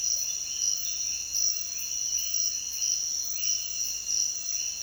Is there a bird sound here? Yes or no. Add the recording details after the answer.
no. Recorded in dense forest near Puerto Asís, Putumayo, Colombia, on 22 June 2025 at 06:00. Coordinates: 0.466, -76.327. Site GP04